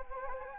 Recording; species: mosquito wingbeat signal from an infrared sensor; Anopheles gambiae